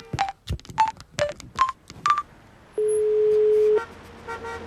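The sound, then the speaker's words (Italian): A telephone number is dialed to call the administrator of a nursery school: five quick keypad tones, each with a soft click, followed by one steady, lower-pitched tone lasting about a second, with faint background hum and no talking. “Devo telefonare all'amministratore dell'asilo, lui deve risolvere la questione del traffico.”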